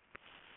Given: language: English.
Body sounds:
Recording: throat vibration sensor signal played as sound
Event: swallow

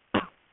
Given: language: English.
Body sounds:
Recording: throat vibration sensor signal played as sound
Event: cough

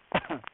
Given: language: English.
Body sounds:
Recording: throat vibration sensor signal played as sound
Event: cough

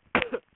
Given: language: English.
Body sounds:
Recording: throat vibration sensor signal played as sound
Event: cough

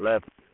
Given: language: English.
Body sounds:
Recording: throat vibration sensor signal played as sound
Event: speech

